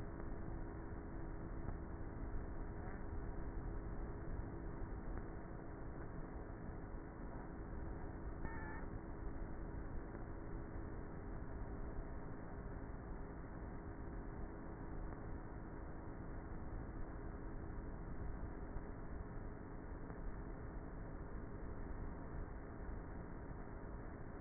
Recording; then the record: honeybee colony, microphone inside the hive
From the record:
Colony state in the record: queenless with a low population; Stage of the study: before two queens were removed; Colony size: about 30,000 bees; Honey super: no